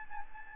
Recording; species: mosquito wingbeat signal from an infrared sensor; Aedes albopictus